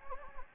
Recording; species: mosquito wingbeat signal from an infrared sensor; Anopheles gambiae